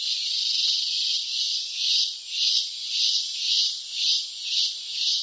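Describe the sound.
Cicada buzzing song, a shrill hiss that is steady at first, then pulses in regular waves about twice a second.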